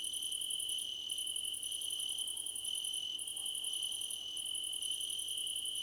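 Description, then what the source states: Steady high cricket trilling overlaid by trains of fast pulsed chirps, each run lasting about a second before a brief gap. Crickets in a choir competition.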